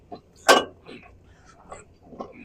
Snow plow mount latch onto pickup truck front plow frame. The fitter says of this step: And of course, this side didn't want to go in. So you heard the click. That was the one side that went in.